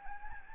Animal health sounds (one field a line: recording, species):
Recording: mosquito wingbeat signal from an infrared sensor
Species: Anopheles gambiae